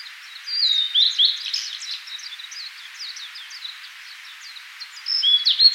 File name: Cyanoptila cyanomelana